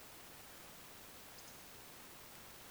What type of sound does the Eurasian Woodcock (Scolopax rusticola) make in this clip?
whistle